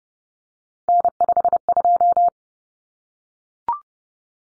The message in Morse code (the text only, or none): N52